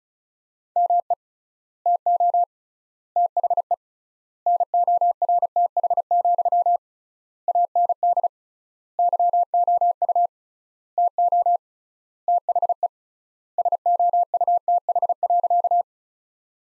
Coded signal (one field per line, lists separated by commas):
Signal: Morse code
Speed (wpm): 34 wpm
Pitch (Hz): 700 Hz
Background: none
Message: ME TO THE NORTH, AND YOU TO THE SOUTH.